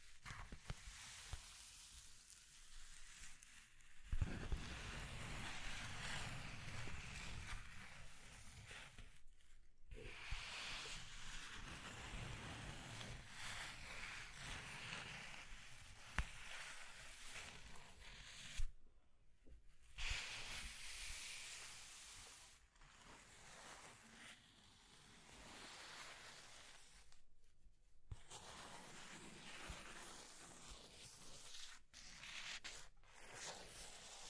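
Scratching and tracing sounds, a dry rasping hiss that runs in long strokes with brief silent breaks near 4, 10, 19, 23 and 28 seconds. The texture is bright and grainy, with a low rumble under some strokes, especially around 4 to 9 seconds.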